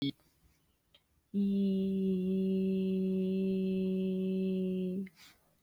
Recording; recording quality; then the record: sustained vowel as in beet; excellent, no background noise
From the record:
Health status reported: healthy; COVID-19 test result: negative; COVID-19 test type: RT-PCR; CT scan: not taken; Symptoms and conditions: none ticked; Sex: female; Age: 30 years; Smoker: no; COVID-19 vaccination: one dose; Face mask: not worn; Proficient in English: yes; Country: India